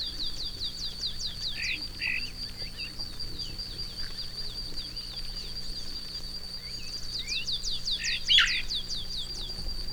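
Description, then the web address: Highland elaenia song: scattered buzzy, slurred notes near the start and again late, set against a steady shrill insect drone and quick runs of high descending ticks. "cantos fiofiooscuro"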